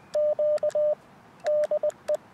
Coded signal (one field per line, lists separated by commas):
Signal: Morse code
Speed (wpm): 20 wpm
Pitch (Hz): 600 Hz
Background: radio noise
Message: Q DE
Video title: 10MHz CW 599BK +α QTH OP BURO 難しいところデコード付 初心者CW 河川敷でアンテナ調整 逆V型DP 河川敷シャック 2024/11/22 アマチュア無線 VLOG 570